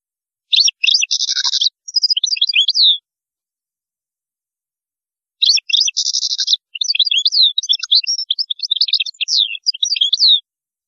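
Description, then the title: European goldfinch song: two lively phrases of high chirps, each with a harsh buzzy section, separated by a short silence and ending in a fast twittering series. "Chant Chardonneret"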